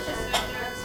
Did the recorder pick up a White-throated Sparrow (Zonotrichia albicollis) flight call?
no